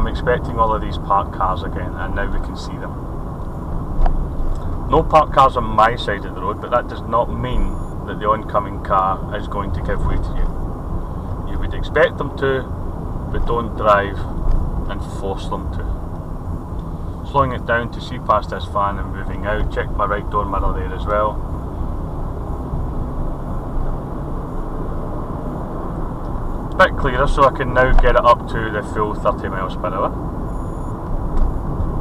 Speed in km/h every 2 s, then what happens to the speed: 35, 35, 37, 35, 35, 35, 35, 32, 27, 27, 32, 39, 44, 44, 42, 44.
0-13 steady at about 35. 13-16 slows to 27. 18-24 speeds up to 44. 24-32 steady at about 44.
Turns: none.